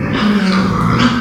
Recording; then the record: squeal of a Yucatan mini pig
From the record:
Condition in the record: after surgery on the right vocal fold (resection and tissue-engineered implant); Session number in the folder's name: 14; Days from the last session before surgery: 133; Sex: female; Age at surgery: 19 weeks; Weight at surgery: 25 kg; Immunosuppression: prednisolone